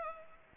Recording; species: mosquito wingbeat signal from an infrared sensor; Culex pipiens